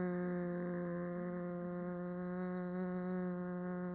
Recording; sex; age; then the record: sustained vowel /a/; female; 30 to 39 years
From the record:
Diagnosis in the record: healthy control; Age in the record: 37 years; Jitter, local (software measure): 0.82%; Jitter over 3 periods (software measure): 0.48%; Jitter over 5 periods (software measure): 0.51%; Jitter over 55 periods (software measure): 0.72%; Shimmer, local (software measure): 4.9%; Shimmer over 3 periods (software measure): 2.7%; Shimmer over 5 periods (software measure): 3.3%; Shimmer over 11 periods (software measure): 3.8%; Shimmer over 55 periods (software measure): 5.7%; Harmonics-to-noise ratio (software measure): 15.6 dB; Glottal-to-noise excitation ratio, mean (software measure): 0.90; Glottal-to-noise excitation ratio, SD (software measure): 0.041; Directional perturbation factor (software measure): 77.0%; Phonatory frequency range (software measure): 0.11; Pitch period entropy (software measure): 1.15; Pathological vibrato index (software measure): 0.43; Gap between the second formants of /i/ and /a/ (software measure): 1158 Hz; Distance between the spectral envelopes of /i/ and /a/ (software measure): 10.2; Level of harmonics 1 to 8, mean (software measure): -3.8, -8.9, -11.5, -20.6, -28.7, -22.7, -24.2, -27.1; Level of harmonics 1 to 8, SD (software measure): 1.5, 1.8, 1.5, 1.7, 3.7, 1.6, 1.8, 3.6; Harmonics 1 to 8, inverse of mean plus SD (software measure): 0.190, 0.093, 0.077, 0.045, 0.031, 0.041, 0.038, 0.033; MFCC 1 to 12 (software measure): 4.8, -10.1, 2.8, -5.2, -17.6, 2.3, -10.0, -2.4, -7.4, -12.6, -7.7, -4.0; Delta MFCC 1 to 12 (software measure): 0.000, 0.001, -0.012, 0.015, -0.002, -0.021, 0.017, -0.021, 0.010, -0.015, -0.003, -0.018